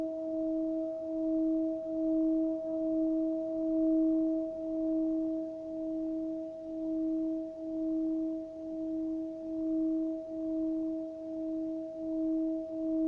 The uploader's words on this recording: Crown Chakra Tibetan Bells. Sounds of Tibetan bells.